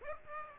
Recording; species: mosquito wingbeat signal from an infrared sensor; Aedes aegypti